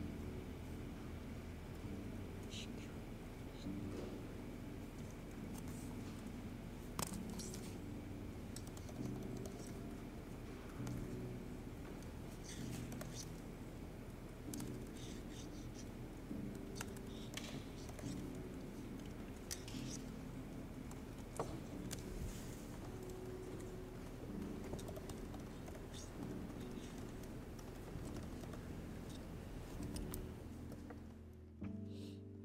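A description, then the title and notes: Ambience at the Yale library: a steady low rumble runs throughout under murmured, indistinct voices. Scattered clicks, taps and a faint jingle like keys come every few seconds, and the sound drops away abruptly just before the end. Study with me at hogwarts (aka the yale library!).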